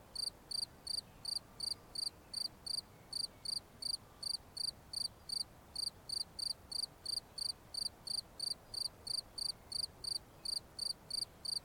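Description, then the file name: Cricket singing an unbroken series of high, clipped chirps, about three each second, very regular throughout, over quiet hiss. "Grillons"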